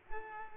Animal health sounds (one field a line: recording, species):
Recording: mosquito wingbeat signal from an infrared sensor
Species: Culex pipiens